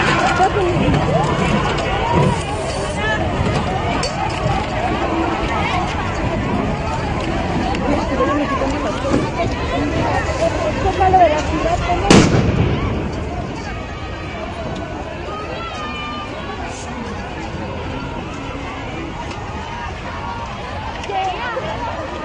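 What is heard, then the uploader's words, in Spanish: A dense crowd at a clash between feminist protesters and police, with shouting voices and one sharp bang around twelve seconds, then calmer murmuring. Enfrentamiento entre feministas y policías en México.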